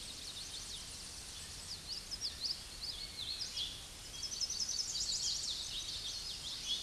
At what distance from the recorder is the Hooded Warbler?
about 45 m